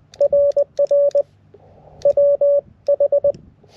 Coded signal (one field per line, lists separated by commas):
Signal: Morse code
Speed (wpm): 20 wpm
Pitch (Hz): 570 Hz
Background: none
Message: RR WH